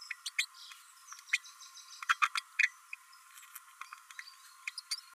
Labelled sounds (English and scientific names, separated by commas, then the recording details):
Green-rumped Parrotlet (Forpus passerinus) babbling
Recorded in a nest box in Venezuela
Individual 18B12A1